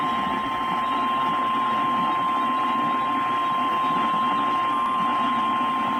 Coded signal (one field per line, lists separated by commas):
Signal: Emergency Alert System (SAME) tones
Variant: 1050 Hz attention tone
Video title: EAS#114 Severe Thunderstorm Warning on WXJ73 (09/18/2022).